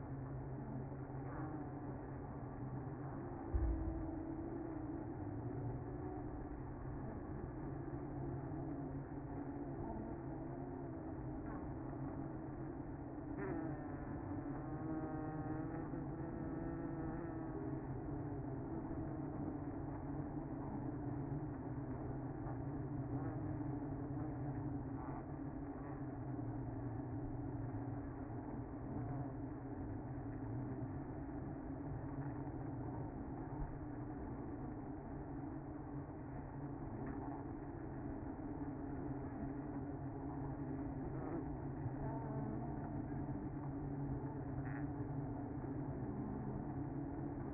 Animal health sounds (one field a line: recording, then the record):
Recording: honeybee colony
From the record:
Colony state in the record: active